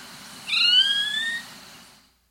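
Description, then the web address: Black-headed nightingale-thrush, a single clear whistled note lasting about a second, over faint low background noise. South America. "Natures Songs S America Black-Headed Nightingale-Thrush"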